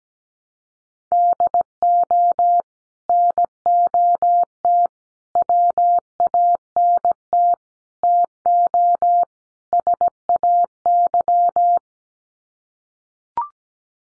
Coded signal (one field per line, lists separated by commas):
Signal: Morse code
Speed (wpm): 17 wpm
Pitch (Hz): 700 Hz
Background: none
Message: DO NOT WANT TO SAY